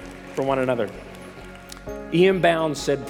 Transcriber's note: applause